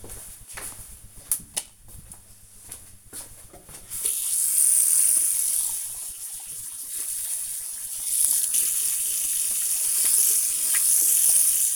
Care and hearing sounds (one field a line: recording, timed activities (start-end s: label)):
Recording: household activities, microphone on the right wrist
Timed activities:
2.71-11.76 s: washing hands